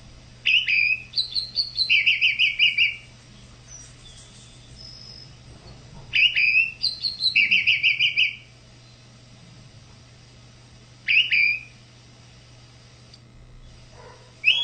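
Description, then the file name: Tropical mockingbird singing varied phrases: a sharp note followed by rapid runs of repeated buzzy chirps, separated by pauses of about three seconds, with a constant low hum beneath. "sabia da praia"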